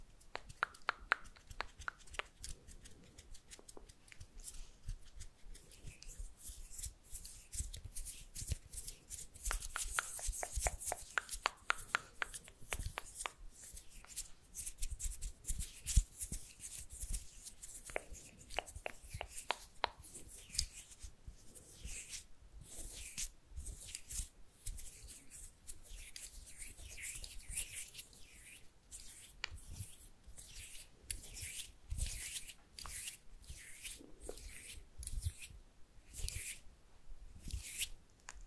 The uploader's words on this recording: MOUTH SOUNDS and KISS SOUNDS + HAND MOVEMENTS ASMR.